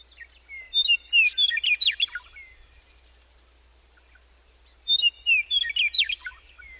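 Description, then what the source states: Western Meadowlark song: two bursts of fluty, gurgling notes, each about a second and a half, separated by a silent gap of roughly three seconds. Sings in open grassland downhill from a ponderosa pine savanna on mountain slopes of western North America.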